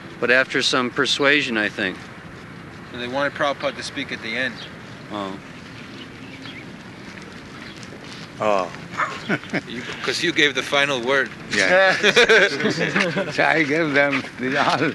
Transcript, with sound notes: But after some persuasion, I think.
They wanted Prabhupāda to speak at the end.
Oh. [laughs]
Because you gave the final word. [laughter]
Yes. So I gave them these all...